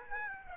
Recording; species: mosquito wingbeat signal from an infrared sensor; Aedes aegypti